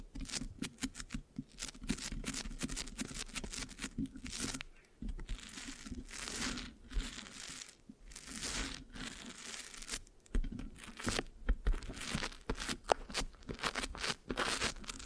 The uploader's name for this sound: Mic Scratching, Sticky, Brain Massage Triggers (No Talking)